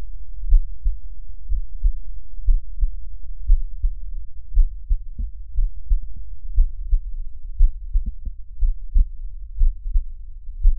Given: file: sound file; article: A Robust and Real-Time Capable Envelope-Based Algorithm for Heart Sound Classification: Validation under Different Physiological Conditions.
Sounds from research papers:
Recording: heart sounds by electronic stethoscope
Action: rest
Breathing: normal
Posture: sitting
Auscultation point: sternum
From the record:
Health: healthy, no known heart disease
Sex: male

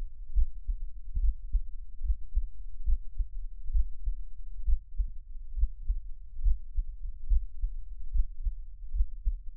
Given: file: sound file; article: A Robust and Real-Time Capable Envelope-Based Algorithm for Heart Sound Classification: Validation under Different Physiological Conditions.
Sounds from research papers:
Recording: heart sounds by electronic stethoscope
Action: rest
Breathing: normal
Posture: lying on left side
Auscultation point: Erb’s point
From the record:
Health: healthy, no known heart disease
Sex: male

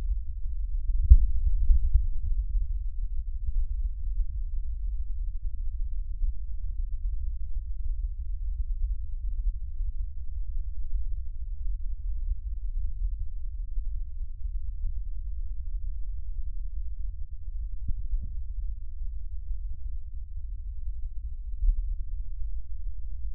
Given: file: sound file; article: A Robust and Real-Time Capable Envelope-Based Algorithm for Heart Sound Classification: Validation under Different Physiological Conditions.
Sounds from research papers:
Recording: heart sounds by electronic stethoscope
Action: rest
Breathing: normal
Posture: sitting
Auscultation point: centre of the back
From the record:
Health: healthy, no known heart disease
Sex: male

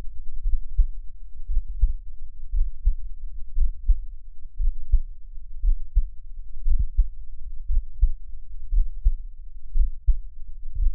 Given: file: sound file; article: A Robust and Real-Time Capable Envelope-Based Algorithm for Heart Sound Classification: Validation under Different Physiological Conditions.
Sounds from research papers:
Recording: heart sounds by electronic stethoscope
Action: rest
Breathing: normal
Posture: sitting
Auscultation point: Erb’s point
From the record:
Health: healthy, no known heart disease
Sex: male

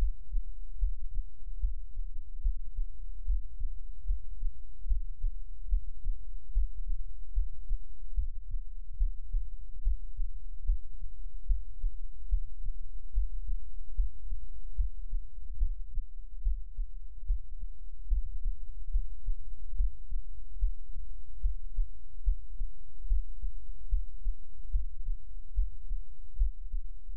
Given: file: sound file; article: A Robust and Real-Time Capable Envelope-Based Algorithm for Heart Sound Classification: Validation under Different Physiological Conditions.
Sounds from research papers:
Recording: heart sounds by electronic stethoscope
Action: rest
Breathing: normal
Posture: lying on stomach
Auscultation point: Erb’s point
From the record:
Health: healthy, no known heart disease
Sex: male

